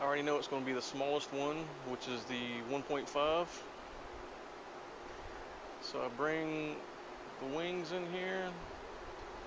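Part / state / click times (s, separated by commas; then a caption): crimp terminal held in the die of a ratcheting crimping tool / not seated / none. A metal crimp terminal, its wings set in the smallest 1.5 die of an IWISS Quick Change ratcheting crimping tool, is being handled while someone talks over steady background noise. Nothing has clicked or seated yet; the ratchet has not closed on the terminal.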